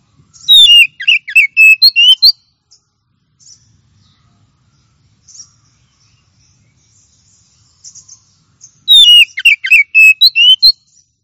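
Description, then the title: Oriental magpie-robin repeating the same lively whistled phrase twice, about eight seconds apart, with faint soft notes in the quiet gap. Champion-grade bird. "Kicau Burung Kacer Juara"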